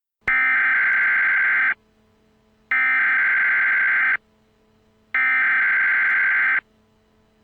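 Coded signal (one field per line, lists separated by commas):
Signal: Emergency Alert System (SAME) tones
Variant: header bursts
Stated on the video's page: Fictional rioting EAS scenario, not a real alert.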